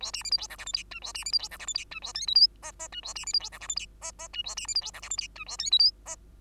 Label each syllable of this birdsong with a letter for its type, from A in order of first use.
A B C D E F G H I J A B C D E F G H I J A K L M N N J A B C D E F G H I N N J A B C D E F G H I J A K L M N